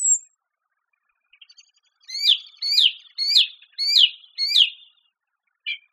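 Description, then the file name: Song thrush song: a short high note, then one sharp phrase repeated five times in quick succession, and a short isolated note at the end. "suara kicauan burung song thrush. omkicau"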